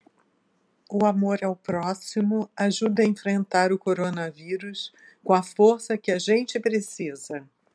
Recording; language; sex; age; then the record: spoken sentence; Brazilian Portuguese; female; 60 to 69 years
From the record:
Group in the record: control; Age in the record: 63 years